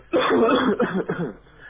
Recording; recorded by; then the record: voluntary cough; telephone call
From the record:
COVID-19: positive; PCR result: checked with the laboratory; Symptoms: no